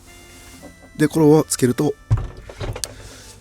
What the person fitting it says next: नीचे करते ही यह लॉक हो जाता है।